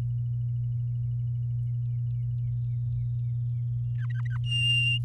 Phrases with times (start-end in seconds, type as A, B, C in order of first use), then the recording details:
3.98-4.37 A, 4.43-4.98 B. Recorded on 11 May 2018 at 06:07. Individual llb16